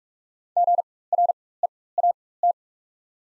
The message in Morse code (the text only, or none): GREAT